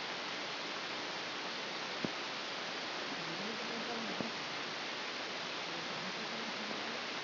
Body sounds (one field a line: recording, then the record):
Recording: brain microelectrode recording played as sound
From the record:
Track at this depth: inside the subthalamic nucleus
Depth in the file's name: 3.722 mm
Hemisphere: left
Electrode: 2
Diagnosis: Parkinson's disease